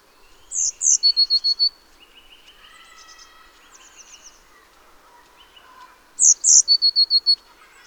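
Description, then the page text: Eurasian blue tit song phrases, each two high piercing notes then a rapid run of even notes, heard twice with faint other bird chatter between. Nominate subspecies Cyanistes caeruleus caeruleus. "Jarek Matusiak - Обыкновенная лазоревка (Cyanistes caeruleus caeruleus)"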